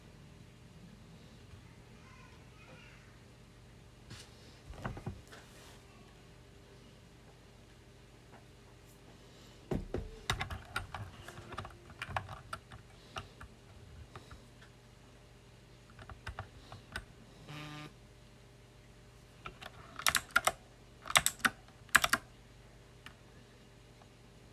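Close-up keystrokes on a loud mechanical keyboard come in uneven bursts, sparse for the first ten seconds, then denser clusters of sharp clicks and clacks with pauses between. A steady low hum runs underneath throughout, and the loudest taps arrive near the end.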